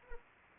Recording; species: mosquito wingbeat signal from an infrared sensor; Anopheles arabiensis